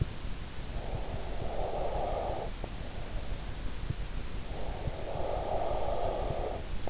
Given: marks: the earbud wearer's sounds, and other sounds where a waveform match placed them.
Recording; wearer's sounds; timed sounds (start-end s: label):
sounds in sleep by an in-ear microphone; breath
0.32-2.96 s: breath
4.41-6.89 s: breath